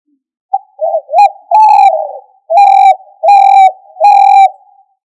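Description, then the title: Chicken calls: a few short clucking notes, then three steady, even, drawn-out tones repeated at regular intervals. Australorp breed ('manok ostrali'). "manok ostrali"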